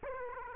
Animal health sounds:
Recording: mosquito wingbeat signal from an infrared sensor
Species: Aedes aegypti

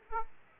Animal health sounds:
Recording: mosquito wingbeat signal from an infrared sensor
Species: Aedes aegypti

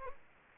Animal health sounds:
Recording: mosquito wingbeat signal from an infrared sensor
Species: Aedes aegypti

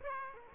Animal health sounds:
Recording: mosquito wingbeat signal from an infrared sensor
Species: Aedes aegypti

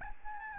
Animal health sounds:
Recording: mosquito wingbeat signal from an infrared sensor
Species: Aedes albopictus

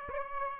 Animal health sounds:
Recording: mosquito wingbeat signal from an infrared sensor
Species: Aedes aegypti

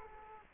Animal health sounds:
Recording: mosquito wingbeat signal from an infrared sensor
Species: Aedes aegypti

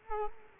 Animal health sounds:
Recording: mosquito wingbeat signal from an infrared sensor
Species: Culex quinquefasciatus

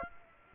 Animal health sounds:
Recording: mosquito wingbeat signal from an infrared sensor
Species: Aedes aegypti

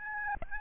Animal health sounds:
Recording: mosquito wingbeat signal from an infrared sensor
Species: Aedes albopictus

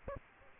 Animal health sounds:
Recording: mosquito wingbeat signal from an infrared sensor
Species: Aedes aegypti

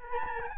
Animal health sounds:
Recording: mosquito wingbeat signal from an infrared sensor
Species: Aedes albopictus

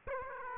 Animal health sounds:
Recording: mosquito wingbeat signal from an infrared sensor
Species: Aedes aegypti

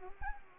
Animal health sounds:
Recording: mosquito wingbeat signal from an infrared sensor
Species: Anopheles arabiensis

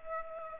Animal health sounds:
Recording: mosquito wingbeat signal from an infrared sensor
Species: Culex pipiens

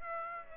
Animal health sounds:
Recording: mosquito wingbeat signal from an infrared sensor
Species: Aedes aegypti

